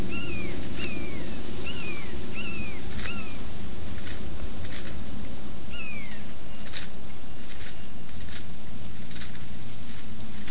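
A spotted towhee gives a run of short, downslurred calls in the first three seconds and once more near six seconds, while sharp scratching bursts in the leaf litter come every second or two. A steady low rumble of wind runs underneath throughout.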